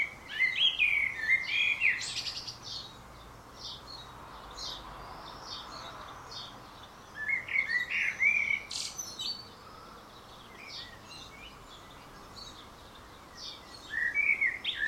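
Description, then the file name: Common blackbird song in three separated phrases of fluty warbling running into high twittering, the last cut short at the end, with quiet gaps of several seconds between. "Turdus merula"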